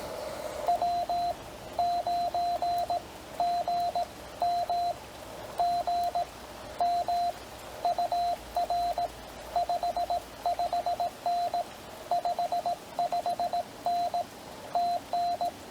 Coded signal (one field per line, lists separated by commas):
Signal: Morse code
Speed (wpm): 18 wpm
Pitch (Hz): 690 Hz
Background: radio noise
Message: W9GM GM UR 55N 55N TN